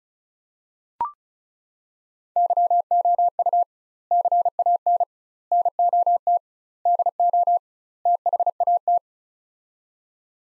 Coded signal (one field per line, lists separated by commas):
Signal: Morse code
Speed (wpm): 36 wpm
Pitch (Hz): 700 Hz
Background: none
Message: YOU CAN NOT DO THAT